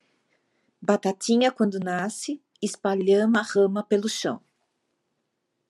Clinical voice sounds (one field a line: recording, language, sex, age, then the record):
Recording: short text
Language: Brazilian Portuguese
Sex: female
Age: 60 to 69 years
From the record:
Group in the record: control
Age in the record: 63 years